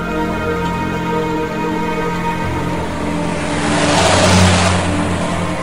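A car engine hums steadily with a droning, layered tone as the car drives along a highway with little traffic, then swells louder as the vehicle accelerates, a rushing surge of road noise peaking near the end before easing slightly.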